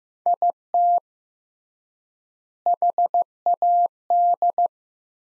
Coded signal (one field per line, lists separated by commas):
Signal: Morse code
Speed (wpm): 15 wpm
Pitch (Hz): 700 Hz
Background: none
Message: IT HAD